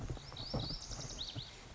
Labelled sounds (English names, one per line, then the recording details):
Lazuli Bunting
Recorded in Sonoma County, California